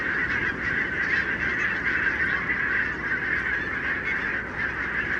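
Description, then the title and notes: Barnacle goose: barnacle geese clamouring together, an even, seamless din of countless high barking calls. Flock of about 20,000 on wintering grounds in winter, Renesse, Netherlands, 12 January 2009; recorded with Nagra LB and Telinga P7. "Renesse - Pays-bas. 20 000 Bernache nonnette ( Branta leucopsis) en Hollande"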